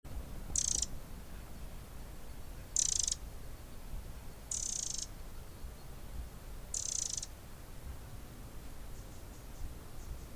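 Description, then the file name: Eurasian wren calls: four short, hard, high-pitched rattling bursts, roughly every two seconds, over a low steady background rumble. "Troglodytes troglodytes"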